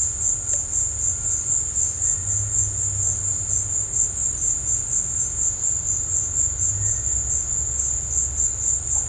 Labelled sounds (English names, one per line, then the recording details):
none
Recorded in dense forest near Puerto Asís, Putumayo, Colombia, on 26 December 2024 at 16:30
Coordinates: 0.468, -76.322
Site G071